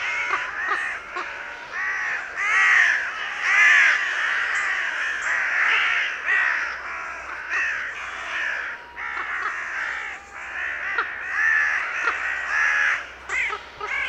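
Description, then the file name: Carrion crow calls, many harsh caws overlapping in an uneven chorus, rising and falling in loudness throughout. "Corvus corone"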